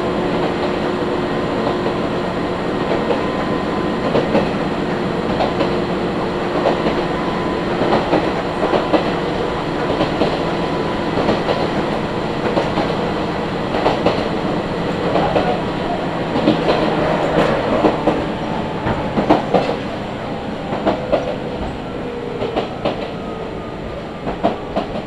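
A ride on the Izuhakone Railway from Daiba toward Mishima and on the Tokaido Line to Numazu: a steady, dense rumble of the train carries throughout, with faint tonal whines from the motors. Sharp clacks and rattles of wheels over rail joints come irregularly, clustering between about 15 and 20 seconds.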